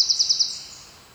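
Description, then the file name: Eurasian wren giving a short, very high, rapid trill of four bright notes, fading quickly into quiet background hiss. "Troglodytes troglodytes"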